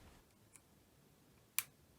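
During reassembly of a Samsung C3590 flip phone, the yellow flex cable connector is pressed back onto its mainboard socket. A faint tick sounds at about 0.6 s, then a single sharp, bright click at 1.6 s as the ribbon connector snaps into place and seats.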